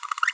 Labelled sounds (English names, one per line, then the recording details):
Green-rumped Parrotlet babbling
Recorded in a nest box in Venezuela
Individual 18B25A5